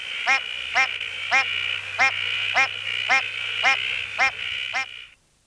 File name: Cyclorana alboguttata